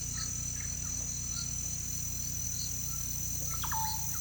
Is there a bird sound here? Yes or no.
yes